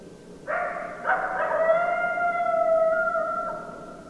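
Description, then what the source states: Coyote howls: two sustained, steady tones entering half a second apart, holding a level pitch for about two and a half seconds before fading, with faint background hiss. Several coyotes recorded on 2012-12-10.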